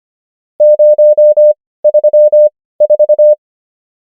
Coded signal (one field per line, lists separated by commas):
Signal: Morse code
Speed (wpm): 25 wpm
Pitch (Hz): 600 Hz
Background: none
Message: 034